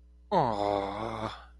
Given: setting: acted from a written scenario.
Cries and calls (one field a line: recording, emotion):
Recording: vocal sound without words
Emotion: adoration